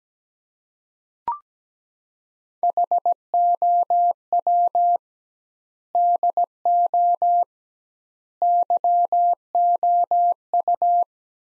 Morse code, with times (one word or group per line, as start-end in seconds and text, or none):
2.6-5.0 HOW
5.9-7.4 DO
8.4-11.0 YOU